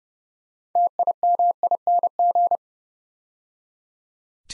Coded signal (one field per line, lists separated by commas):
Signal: Morse code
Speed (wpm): 30 wpm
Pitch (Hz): 700 Hz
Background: none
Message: TIMING